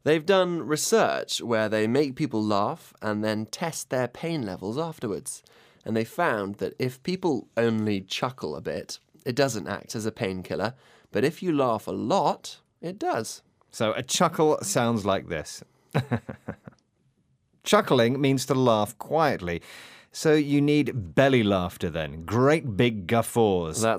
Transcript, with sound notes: They’ve done research where they make people laugh, and then test their pain levels afterwards.And they found that if people only chuckle a bit it doesn’t act as a painkiller, but if you laugh a lot, it does.
So a chuckle sounds like this [chuckles] .Chuckling means to laugh quietly.So you need belly laughter then – great big guffaws?